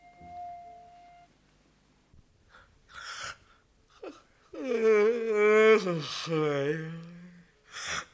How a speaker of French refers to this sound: Je te fais remarquer qu'on ne baille pas à table.